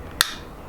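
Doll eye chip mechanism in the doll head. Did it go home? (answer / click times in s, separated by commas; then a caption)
yes / 0.2 s. With the doll's head held in position, a pull string on the doll is pulled, and the plastic eye-chip mechanism inside the head gives one short, bright click at 0.2 s against a quiet background. The mechanism clicks into its next position and the eye chips change.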